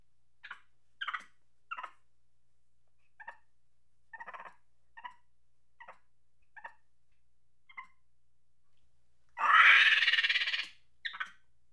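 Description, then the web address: Monkey chatter made of soft, clipped, scattered notes for several seconds, then one loud harsh screech followed by a final short burst. Angry chatter. "Sony Pictures Sound Effects Series Volumes 1-10 Volume 1 Animals Monkey Angry Chatter"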